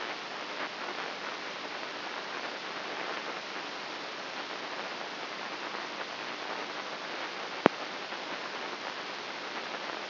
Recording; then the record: brain microelectrode recording played as sound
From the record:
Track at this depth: inside the subthalamic nucleus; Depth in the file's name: 2.64 mm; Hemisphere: right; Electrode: 2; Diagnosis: Parkinson's disease